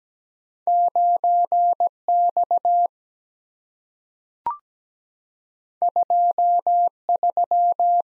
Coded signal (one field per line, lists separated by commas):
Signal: Morse code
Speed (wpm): 17 wpm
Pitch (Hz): 700 Hz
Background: none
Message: 9 X 2 3